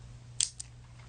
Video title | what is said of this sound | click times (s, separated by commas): Isomers Skincare - Wednesday, February 11th - Full Livestream | So you push that down. There's an audible click. | 0.4 s